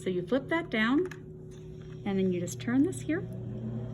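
Someone talks while handling the clear end-tidal CO2 sampling tubing with the orange end, flipping a cover down and beginning to turn its connector into the port of a LifePak 20e defibrillator/monitor. The connector is being twisted until it stops, which gives no click. Nothing has seated yet.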